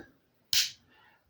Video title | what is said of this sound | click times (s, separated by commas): Bea's Biased Babblings! - Episode 6 - FansHobby Bossman! | and secure in place with a little click so there we go uh | 0.5 s